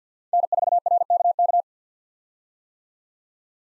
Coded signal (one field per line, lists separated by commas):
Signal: Morse code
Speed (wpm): 50 wpm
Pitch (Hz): 700 Hz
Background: none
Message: N4RKK